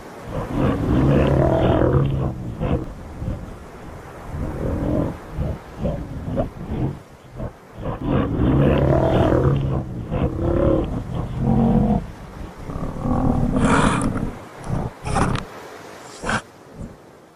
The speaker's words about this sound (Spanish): Y este rugido es el rugido del león, pero no del león que vive en la sabana. Es el sonido que hace el león marino.